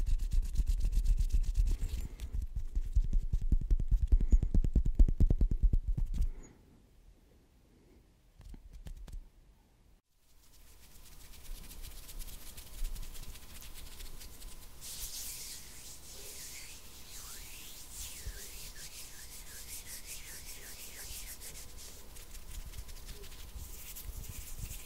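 Hand sounds: loud, dense rubbing and brushing for the first six seconds, full of quick scratchy strokes with a low rumble underneath. A near-silent pause follows, then softer, steadier friction returns with bright crackly scraping from about fifteen seconds to the end.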